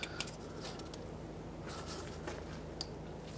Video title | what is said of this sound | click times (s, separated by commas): How to Replace ABS Sensor 2003-09 Toyota 4Runner | make sure it clicks and it's secure | 2.8 s